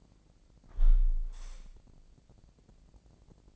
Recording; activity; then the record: daily activity, microphone in the room; close window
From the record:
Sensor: 5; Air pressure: 1012.4 hPa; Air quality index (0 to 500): 158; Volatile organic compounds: 2 ppm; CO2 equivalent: 1076 ppm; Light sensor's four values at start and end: 69/166/68/72 and 69/166/68/72